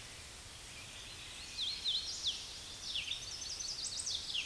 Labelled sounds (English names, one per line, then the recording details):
Red-eyed Vireo song
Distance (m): 35 m
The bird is about 25 m above the microphone
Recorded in a Pennsylvania forest on 16 May 2024 at 08:31
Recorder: AudioMoth, point MSD-2095
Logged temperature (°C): 16.3 °C
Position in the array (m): 165 m, 72 m